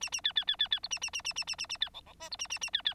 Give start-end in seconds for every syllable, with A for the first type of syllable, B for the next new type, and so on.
0.01-0.10 A, 0.12-0.21 A, 0.24-0.33 B, 0.35-0.45 B, 0.47-0.56 B, 0.59-0.68 B, 0.71-0.80 B, 0.83-0.88 C, 0.90-0.99 A, 1.01-1.10 A, 1.13-1.22 A, 1.24-1.33 A, 1.35-1.44 A, 1.47-1.56 A, 1.58-1.67 A, 1.69-1.77 A, 1.80-1.89 B, 1.94-2.01 D, 2.06-2.13 D, 2.20-2.29 E, 2.31-2.37 C, 2.39-2.47 A, 2.50-2.59 A, 2.61-2.70 A, 2.73-2.82 B, 2.85-2.94 B